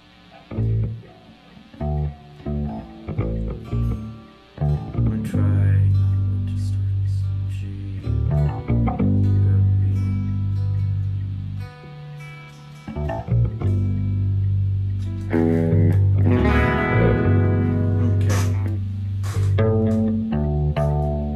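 Electric guitar played through a distortion effects pedal plays loud, gritty riffs with heavy sustained low notes and bursts of bright, buzzing chords, stopping briefly before the crunchy tone returns.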